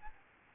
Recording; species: mosquito wingbeat signal from an infrared sensor; Aedes albopictus